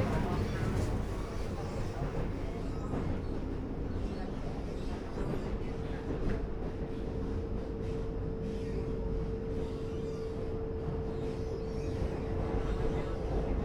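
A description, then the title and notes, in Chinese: Inside a local express train, a loud, steady rumble of wheels carries on, with faint voices and a thin whine rising midway. 2042區間快車 南港-七堵。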